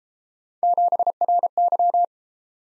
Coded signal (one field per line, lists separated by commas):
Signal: Morse code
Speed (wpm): 32 wpm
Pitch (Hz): 700 Hz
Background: none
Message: 7RY